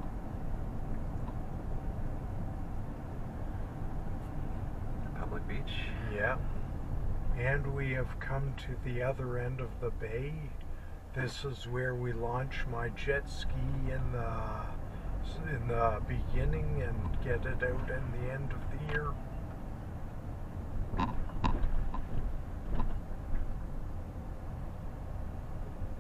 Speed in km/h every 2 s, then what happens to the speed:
23, 21, 20, 20, 10, 5, 9, 14, 19, 21, 20, 18, 18.
0-6 steady at about 20. 6-10 brakes to 5. 10-17 speeds up to 21. 17-26 steady at about 18.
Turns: none.